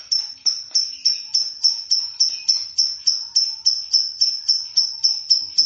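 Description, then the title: Lovebird chirps, sharp high notes repeated steadily and rapidly throughout. "BM Suara Burung Lovebird"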